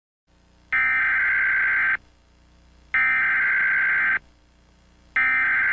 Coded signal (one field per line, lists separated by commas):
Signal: Emergency Alert System (SAME) tones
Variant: header bursts